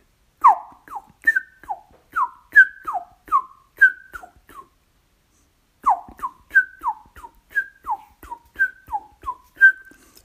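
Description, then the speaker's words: Common Chiffchaff song: a steady, rhythmic run of short downward-slurred notes alternating between two or three pitches, in two phrases split by a brief pause. Example of a rhythmic singer: song mainly of three notes with a clear rhythm; phrase length and note order vary somewhat, song not very varied. "Klassisches Beispiel für die Rhythmiker wäre der Zilpzalp. Sein Gesang besteht hauptsächlich aus drei Tönen. Und klares Muster in seinem Gesang ist ein deutlich erkennbarer Rhythmus."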